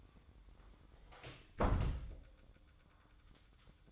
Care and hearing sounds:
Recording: daily activity, microphone in the room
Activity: close door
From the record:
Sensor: 3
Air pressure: 1004.8 hPa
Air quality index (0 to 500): 76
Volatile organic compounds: 2 ppm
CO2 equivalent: 1143 ppm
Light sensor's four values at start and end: 8/19/8/7 and 8/19/8/7

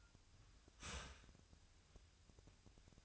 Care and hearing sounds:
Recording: daily activity, microphone in the room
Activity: start toaster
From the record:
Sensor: 2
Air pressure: 1001.8 hPa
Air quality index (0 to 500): 245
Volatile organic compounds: 36 ppm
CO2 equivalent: 3087 ppm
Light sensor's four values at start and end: 10/31/12/12 and 10/31/12/12

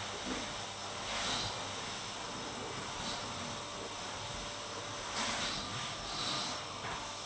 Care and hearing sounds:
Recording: daily activity, microphone in the room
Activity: vacuum cleaning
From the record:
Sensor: 3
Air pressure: 988.7 hPa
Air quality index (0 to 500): 201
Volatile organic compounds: 372 ppm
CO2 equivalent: 4624 ppm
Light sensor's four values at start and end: 22/71/30/25 and 22/71/30/25

